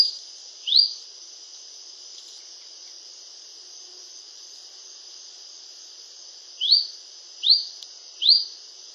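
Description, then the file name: Yellow-olive flycatcher giving brief high rising sweeps, one early then three spaced about a second apart, over a steady high insect drone. Recorded in Formosa, Argentina. "Picochato grande Formosa"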